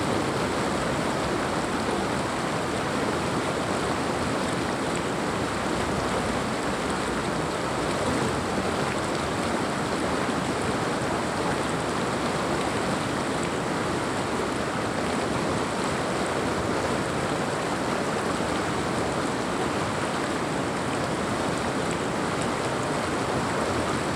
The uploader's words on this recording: Binaural Brook Sounds. The soothing sounds of a river flowing through a picturesque gorge. Recorded with cutting-edge ambisonic equipment, this episode delivers every ripple and splash of the river in captivating 3D binaural audio.